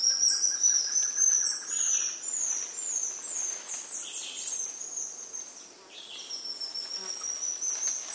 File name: golden lion tamarin